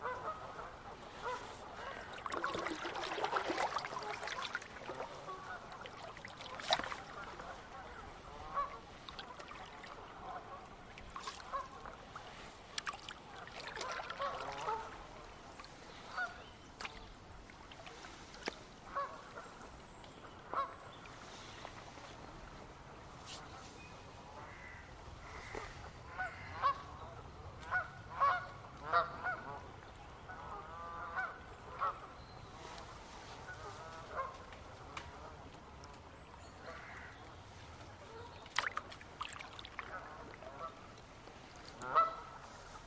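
A large flock of Canada geese honks in a steady, overlapping chorus, calls crowding the middle range throughout. Sharper cries stand out around 14, 27–30 and 40 seconds, over a soft, continuous wash of water and paddle sounds.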